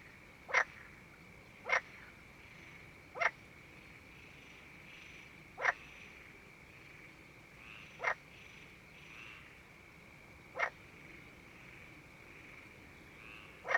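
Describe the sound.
Frog calls, brief sharp clicks repeated irregularly every one to three seconds, with a steady high hum in the background.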